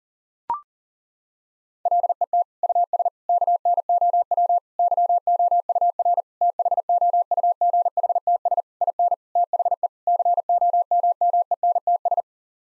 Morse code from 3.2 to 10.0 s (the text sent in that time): KNOW YOUR THOUGHTS IN THE